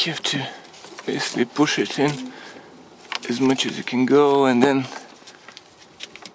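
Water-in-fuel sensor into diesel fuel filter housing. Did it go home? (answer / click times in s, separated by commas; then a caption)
yes / 6.2 s. A water-in-fuel sensor for a 1.6 HDi/TDCi diesel engine (Peugeot, Citroen, etc.) is pushed fully into the plastic diesel fuel filter housing, and the locking tab at the back is pulled while someone talks. Small clicking ticks come near the end, with the sensor clicking home at 6.2 s. It is seated and doesn't really move.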